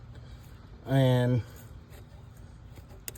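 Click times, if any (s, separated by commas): 3.1 s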